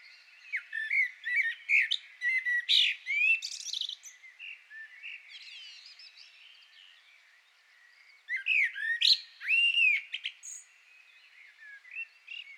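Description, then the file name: Common blackbird singing two dense phrases of mixed fluted and high chattering notes, several seconds apart, with quiet twitters between. "Turdus merula"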